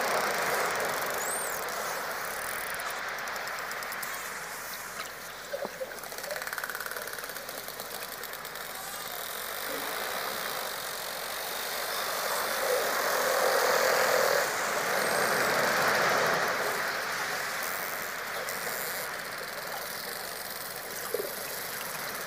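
Dolphin sounds deep underwater: a steady, dense rushing hiss with a low engine-like drone runs throughout, swelling slightly between 13 and 17 seconds. A brief high whistle curls up near the start, a short chirp comes midway, and scattered sharp clicks appear.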